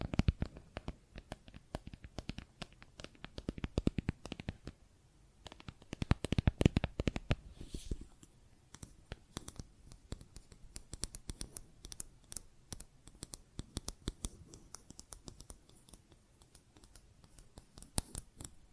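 Plastic objects are tapped and scratched in quick, irregular clusters of sharp clicks. The taps come densely in the first seven seconds, with a brief lull near five seconds. After that they thin into sparser, lighter ticks and scrapes that continue to the end.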